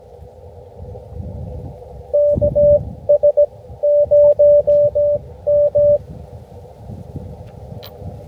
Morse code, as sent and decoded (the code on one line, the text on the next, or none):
-.- ... ----- --
KS0M